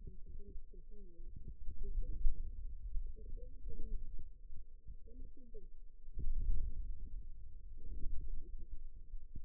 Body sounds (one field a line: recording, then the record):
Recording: forearm muscle sounds (acoustic myography)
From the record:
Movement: wrist extension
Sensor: system 2, bracelet of six BSWA MPA416 microphones around the upper forearm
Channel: 3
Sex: female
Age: 21 years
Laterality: right